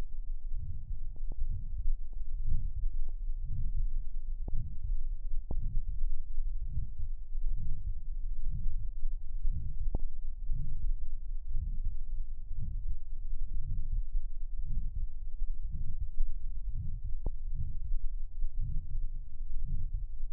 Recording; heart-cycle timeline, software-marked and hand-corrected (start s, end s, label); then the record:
heart sounds
not marked
From the record:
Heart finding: aortic stenosis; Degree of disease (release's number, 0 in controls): 2 to 3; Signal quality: poor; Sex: male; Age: 69 years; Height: 1.66 m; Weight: 100 kg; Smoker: yes